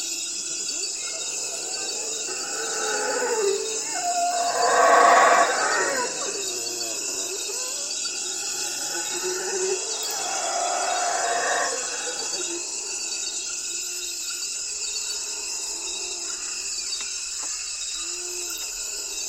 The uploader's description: From tropical forests to deserts to wetlands